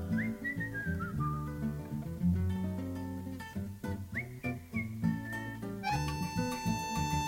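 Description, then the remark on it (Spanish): A person whistles bird-like phrases over a steady instrumental backing: a high, sliding tone that dips downward, pauses, then returns in short chirpy bursts before the music swells brighter. “Un pajarito pregunto de contento. Yo silbo y contesto.”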